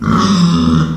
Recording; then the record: squeal of a Yucatan mini pig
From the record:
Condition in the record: after surgery on the right vocal fold (resection and tissue-engineered implant); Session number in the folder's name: 14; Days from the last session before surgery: 133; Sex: female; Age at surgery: 19 weeks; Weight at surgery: 25 kg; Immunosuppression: prednisolone